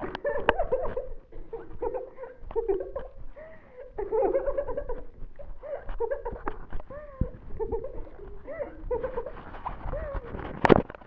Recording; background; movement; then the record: laughter; a bystander coughing; sitting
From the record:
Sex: female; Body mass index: 18.8 kg/m2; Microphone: on the chest, facing the body